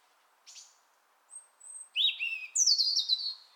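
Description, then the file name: European robin song: a thin high whistle, then a rich phrase of sliding whistles and tumbling trills in quick succession, bright and high-pitched, with a quiet background. "Erithacus rubecula"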